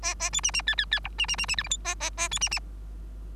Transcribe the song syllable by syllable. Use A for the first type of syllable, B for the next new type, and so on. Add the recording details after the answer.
A A B C C D D D E C C C C F G H A A A B C C. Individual Bird3